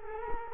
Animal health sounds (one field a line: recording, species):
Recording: mosquito wingbeat signal from an infrared sensor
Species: Culex quinquefasciatus